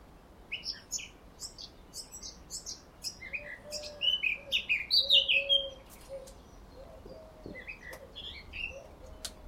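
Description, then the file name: Eurasian blackcap song: scattered high chips build into a louder warbling run, then thin out again. "Sylvia atricapilla"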